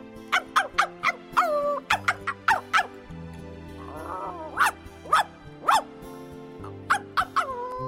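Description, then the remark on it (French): A dog barks furiously at a deep well with water at its bottom, in sharp, loud bursts, about fifteen in irregular quick clusters, with a rough growl in a short pause as it prowls around, over a steady low musical drone. “Top avait aboyé furieusement et depuis, il n'arrêtait de rôder autour en grognant.”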